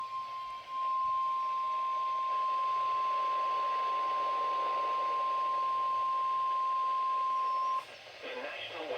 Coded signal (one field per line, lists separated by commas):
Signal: Emergency Alert System (SAME) tones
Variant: 1050 Hz attention tone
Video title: Special Marine Warning for Portions of the Chesapeake and Other Waterways - 6/12/2023 (EAS #26)